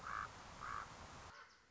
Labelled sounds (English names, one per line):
Common Raven